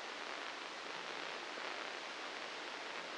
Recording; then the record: brain microelectrode recording played as sound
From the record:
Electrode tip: inside the subthalamic nucleus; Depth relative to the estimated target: 0 mm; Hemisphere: right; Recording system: NeuroSet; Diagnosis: Parkinson's disease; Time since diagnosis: 9 years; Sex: female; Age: 51 years